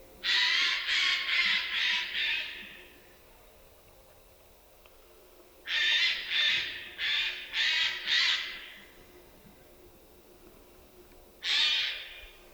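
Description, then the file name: Eurasian Jay giving harsh, rasping screeches in two rapid bursts of about five notes each, then a single screech near the end, over quiet background hiss. "Garrulus glandarius"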